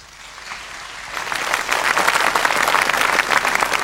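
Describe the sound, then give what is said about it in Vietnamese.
Audience applause at a comedy show, following comedian Vân Sơn's opening greeting, starts softly and swells within a second or two into a full, steady wave of many hands clapping, dense and crackling, holding strong to the end. “cầu cho muôn họ ấm no, lời chào đã dứt, tròn tràng pháo tay.”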